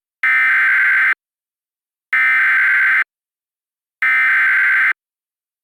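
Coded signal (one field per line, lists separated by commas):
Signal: Emergency Alert System (SAME) tones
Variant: header bursts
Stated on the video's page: Reenactment mock alert with valid EAS tones, recreating a severe thunderstorm warning from the Lubbock National Weather Service; simulated.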